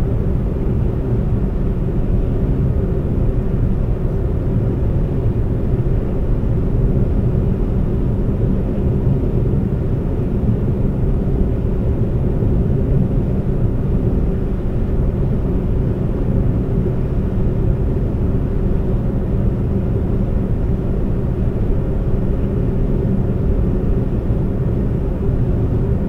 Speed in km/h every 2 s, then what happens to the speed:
122, 122, 122, 122, 122, 124, 124, 124, 124, 124, 124, 124, 124.
0-26 steady at about 124.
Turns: none.